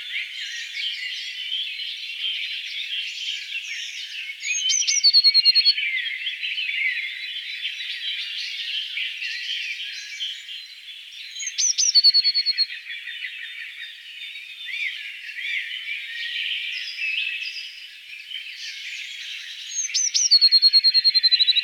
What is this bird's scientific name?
Cyanistes caeruleus